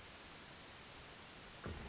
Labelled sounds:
California Towhee
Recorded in Sonoma County, California

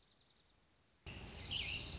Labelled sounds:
Dark-eyed Junco
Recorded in Sonoma County, California

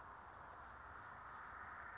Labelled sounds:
California Towhee
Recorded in Sonoma County, California

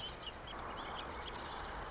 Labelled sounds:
Marsh Wren
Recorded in Sonoma County, California

